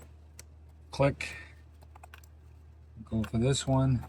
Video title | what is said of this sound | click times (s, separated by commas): Jeep Compass 2.4 Ignition Coil Replacement (2011–2017) – Fix Misfire & Check Engine Light! | You do them one at a time. Click. | 0.4 s